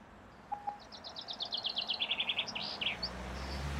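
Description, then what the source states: Chaffinch song: a quick run of bright notes falling steadily in pitch, ending in a short flourish, over a quiet background. Described as distinctive; played as a reminder of the chaffinch's sound.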